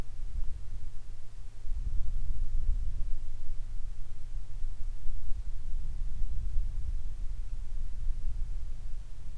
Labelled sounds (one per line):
bird
wind